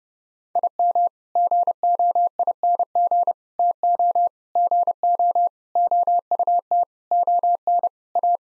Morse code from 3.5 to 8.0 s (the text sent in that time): TO GO OUT ON